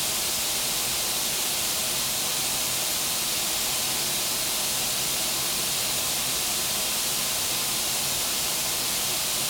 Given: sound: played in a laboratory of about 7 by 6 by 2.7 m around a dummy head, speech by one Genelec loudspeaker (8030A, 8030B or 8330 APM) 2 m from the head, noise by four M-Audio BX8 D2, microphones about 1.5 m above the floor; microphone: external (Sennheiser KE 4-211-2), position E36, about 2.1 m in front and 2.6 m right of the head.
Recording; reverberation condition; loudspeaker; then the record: white noise; medium; four, about 170 cm from the corners of the room and facing them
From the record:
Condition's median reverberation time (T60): about 510 ms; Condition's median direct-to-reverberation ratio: about -0.5 dB